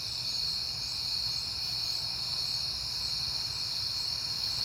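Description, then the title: Crickets giving a constant high trilling chorus over a gentle low hum. Crickets recorded at night in September on a peaceful night. "Night Time: Crickets and Passing Cars"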